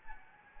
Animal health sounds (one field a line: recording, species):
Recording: mosquito wingbeat signal from an infrared sensor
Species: Anopheles gambiae